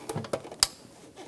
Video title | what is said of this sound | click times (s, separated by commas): How to Replace Fuel Injector 2003-2007 Infiniti G35 | push until you hear a click | 0.6 s